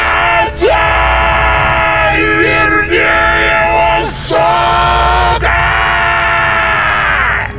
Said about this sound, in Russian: Мне показалось, что глаза полыхнули алым светом, когда мы пронеслись мимо, а затем до нас донесся пронзительный вопль.